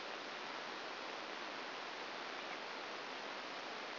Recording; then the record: brain microelectrode recording played as sound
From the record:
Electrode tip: outside the subthalamic nucleus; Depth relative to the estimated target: 4 mm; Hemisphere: left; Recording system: AlphaMap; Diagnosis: Parkinson's disease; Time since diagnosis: 9 years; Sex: male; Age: 68 years